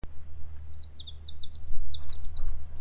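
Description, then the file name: Eurasian wren song, a fast tumbling series of very high, sharp notes and short trills, with low steady rumble underneath. "Troglodytes troglodytes"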